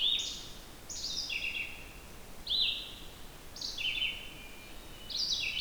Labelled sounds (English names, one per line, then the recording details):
Red-eyed Vireo song
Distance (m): 20 m
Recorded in boreal forest in Alberta, Canada, on 28 June 2016 at 07:12
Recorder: SongMeter 3, array SBT-6-79
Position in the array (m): 121 m, 191 m